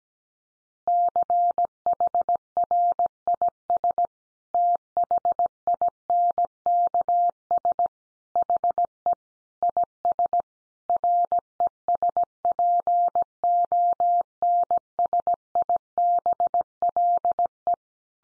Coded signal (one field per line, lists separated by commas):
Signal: Morse code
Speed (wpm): 17 wpm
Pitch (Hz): 700 Hz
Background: none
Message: CHRIS THINKS HE IS RESPONSIBLE